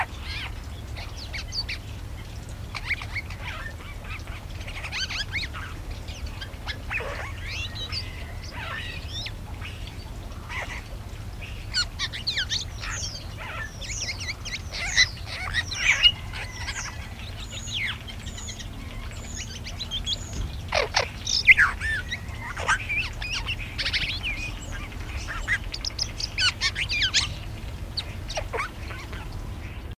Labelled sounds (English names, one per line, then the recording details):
Red-billed Blue Magpie call
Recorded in captivity
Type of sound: call
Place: Zoo Krefeld, Nordrhein-Westfalen, DE
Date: 1975-02-14
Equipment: Halbspur, 9,5 cm/s
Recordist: Lütgens, Hans
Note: Rufe